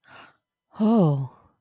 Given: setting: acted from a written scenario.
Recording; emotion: vocal sound without words; romantic love